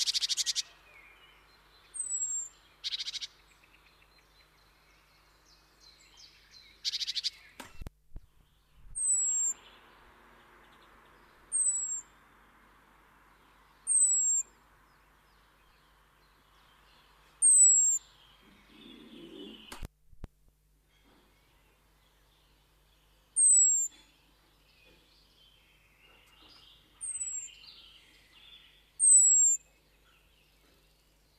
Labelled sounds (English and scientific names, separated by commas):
European Robin (Erithacus rubecula) call